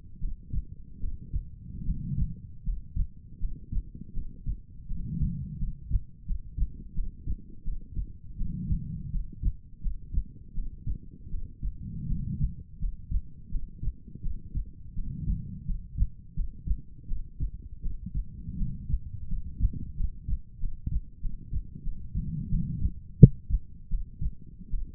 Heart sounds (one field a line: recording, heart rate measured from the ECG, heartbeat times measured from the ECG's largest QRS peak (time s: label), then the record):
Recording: heart sounds by stethoscope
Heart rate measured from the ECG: 83 bpm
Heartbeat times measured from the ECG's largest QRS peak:
0.18 s: heartbeat
0.98 s: heartbeat
1.83 s: heartbeat
2.62 s: heartbeat
3.38 s: heartbeat
4.12 s: heartbeat
4.86 s: heartbeat
5.57 s: heartbeat
6.25 s: heartbeat
6.93 s: heartbeat
7.62 s: heartbeat
8.36 s: heartbeat
9.10 s: heartbeat
9.80 s: heartbeat
10.53 s: heartbeat
11.29 s: heartbeat
12.06 s: heartbeat
12.78 s: heartbeat
13.49 s: heartbeat
14.21 s: heartbeat
14.93 s: heartbeat
15.64 s: heartbeat
16.34 s: heartbeat
17.06 s: heartbeat
17.81 s: heartbeat
18.56 s: heartbeat
19.27 s: heartbeat
19.95 s: heartbeat
20.58 s: heartbeat
21.20 s: heartbeat
21.82 s: heartbeat
22.49 s: heartbeat
23.17 s: heartbeat
23.88 s: heartbeat
24.69 s: heartbeat
From the record:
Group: healthy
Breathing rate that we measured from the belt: 18 breaths a minute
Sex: female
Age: 23 years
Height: 160 cm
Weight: 50.4 kg